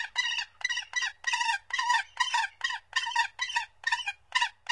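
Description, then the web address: Gyrfalcon call series of loud, grating, harmonic notes, a little over two per second, continuing without pause, with a faint low hum underneath. "Songs of Birds of North America Stokes. Gyrfalcon"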